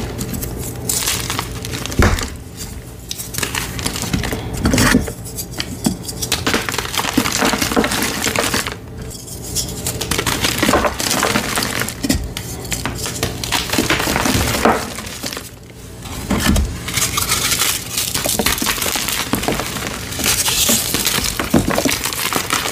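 Blocks of gym chalk are crushed in a dense, nonstop run of crisp crunching and crackling, full of bright gritty detail. The texture barely lets up, with short lulls near 9 and 15 seconds. A faint, steady low hum sits underneath.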